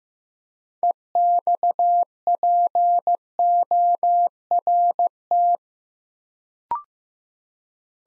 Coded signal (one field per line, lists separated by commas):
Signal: Morse code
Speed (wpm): 15 wpm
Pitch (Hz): 700 Hz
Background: none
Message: EXPORT